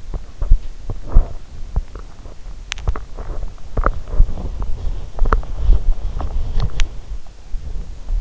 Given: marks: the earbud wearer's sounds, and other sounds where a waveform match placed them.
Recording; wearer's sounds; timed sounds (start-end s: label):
sounds in sleep by an in-ear microphone; teeth grinding
0.04-2.11 s: teeth grinding
2.59-7.05 s: teeth grinding